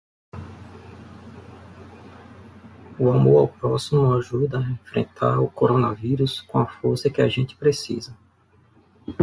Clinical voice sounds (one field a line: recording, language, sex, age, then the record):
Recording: spoken sentence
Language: Brazilian Portuguese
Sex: male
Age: 40 to 49 years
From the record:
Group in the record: control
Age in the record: 46 years